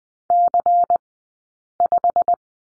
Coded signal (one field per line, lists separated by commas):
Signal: Morse code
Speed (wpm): 20 wpm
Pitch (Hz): 700 Hz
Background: none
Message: C5